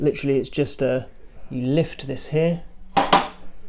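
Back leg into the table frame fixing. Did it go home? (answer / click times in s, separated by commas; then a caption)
yes / 3.0 s. Someone talks while lifting the metal back leg of a Van Rysel turbo training table, which seats into its fixing in the table frame with a sharp metallic clack at 3.0 seconds. The folding leg locks into place.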